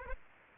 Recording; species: mosquito wingbeat signal from an infrared sensor; Aedes aegypti